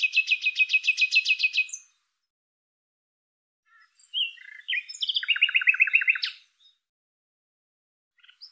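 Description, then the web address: Bird producing a fast, regular rattling trill, a pause, then scattered chirps leading into another rapid lower trill, and a faint closing note. "Deverinetal 2025"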